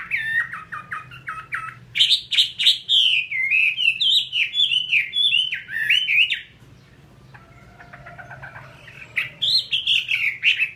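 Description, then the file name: Chinese hwamei song of quick looping whistles in a rapid run, a short pause with faint notes, then a final burst of varied phrases. "hwamei"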